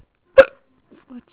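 One sharp, abrupt vocal gulp followed by faint breathy sounds: a single hiccup from an adult woman who is coming down with a cold.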